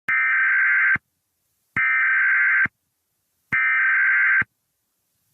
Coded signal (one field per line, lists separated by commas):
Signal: Emergency Alert System (SAME) tones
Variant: header bursts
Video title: EAS Scenario: The Gabs